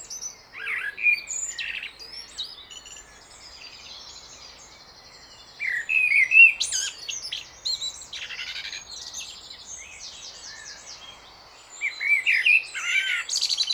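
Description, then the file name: Common blackbird: songbird phrases of fluty whistles and high, scratchy twittering in three bursts, with quieter high chirping in between. "Turdus merula"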